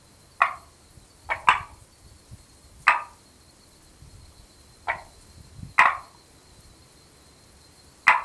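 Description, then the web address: Frog calls: brief percussive clicks, some doubled, spaced irregularly throughout, with a faint constant high tone in the background. Frog recorded 4 April 2020, between 18:00 and 20:00. "frog rec 18-20 20200404"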